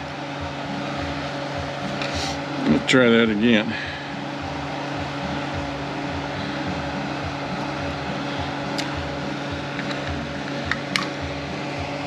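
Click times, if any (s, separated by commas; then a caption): none. A tapered snap ring is being worked toward its groove in an AOD automatic transmission on a second attempt, over a steady mechanical hum. Someone talks briefly near the start, and a couple of short, sharp ticks sound near the end, but nothing has seated or clicked into place yet.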